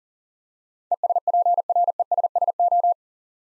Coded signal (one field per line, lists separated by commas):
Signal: Morse code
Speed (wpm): 44 wpm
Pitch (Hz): 700 Hz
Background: none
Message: ESPRESSO